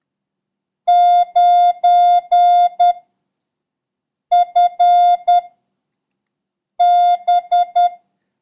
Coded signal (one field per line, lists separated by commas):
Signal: Morse code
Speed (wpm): 10 wpm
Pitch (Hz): 710 Hz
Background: none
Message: 9 FB